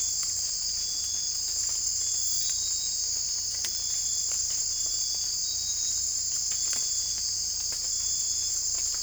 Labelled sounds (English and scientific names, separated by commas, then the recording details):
none
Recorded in secondary vegetation near Puerto Asís, Putumayo, Colombia, on 18 December 2024 at 02:30
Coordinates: 0.481, -76.318
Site G042